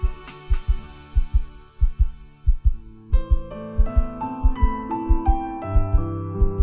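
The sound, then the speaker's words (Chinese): Deep, muffled heartbeat thumps beat steadily in an audio drama, then speed up suddenly about halfway through, crowding closer together as a soft sustained musical tone swells underneath. No voices. “故意心跳骤然加快。”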